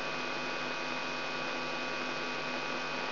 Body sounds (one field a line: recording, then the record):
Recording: brain microelectrode recording played as sound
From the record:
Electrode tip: inside the subthalamic nucleus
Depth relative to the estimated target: 2 mm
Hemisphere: right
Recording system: AlphaMap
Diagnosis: Parkinson's disease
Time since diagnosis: 9 years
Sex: male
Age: 68 years